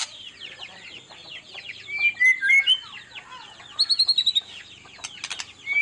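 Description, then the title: White-rumped shama song, a dense jumble of varied whistles, slurred notes and quick chirps, with a short burst of clicks near the end. Used as a lure to make other birds respond; described as gacor, a bird singing constantly. "PANCINGAN MEWAH MURAI BATU GACOR, SEKALI DENGAR AMPUH LANGSUNG RESPON"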